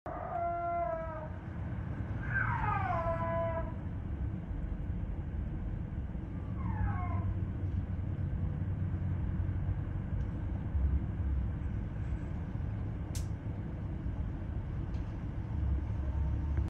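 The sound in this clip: Snow leopard calls: a few descending, harmonic yowls within the first seven seconds, over a continuous low rumbling background noise.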